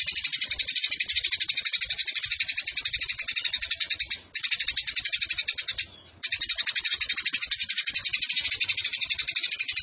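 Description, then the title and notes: Eurasian tree sparrow in sustained fast chatter, high and buzzy, with two brief silences near the middle. Sparrow in fighting mode ('tarung') with long continuous bursts ('nembak panjang') and a clear voice, used as masteran training for competition birds. "GEREJA TARUNG NEMBAK PANJANG SUARA JERNIH MASTERAN WAJIB BURUNG LOMBA. Burung Gereja"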